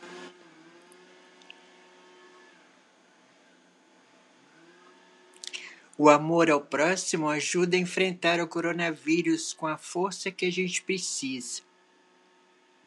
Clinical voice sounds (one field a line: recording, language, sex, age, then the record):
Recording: spoken sentence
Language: Brazilian Portuguese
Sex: female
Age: 60 to 69 years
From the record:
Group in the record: control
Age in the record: 68 years